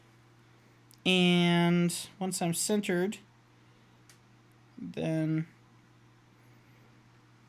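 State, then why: Not seated. A phone in its holder tray is lined up and centered in ETVR Virtual Reality 4.0 goggles before the holder is locked into place, while someone talks over a steady low hum. Nothing has seated or clicked yet.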